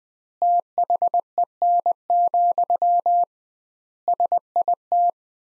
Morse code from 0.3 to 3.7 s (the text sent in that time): THEN,